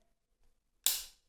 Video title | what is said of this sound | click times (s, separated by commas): Victorinox Bantam Swiss Army Knife - SAK EDC | with a satisfying clunk it goes back down behind the knife | 0.9 s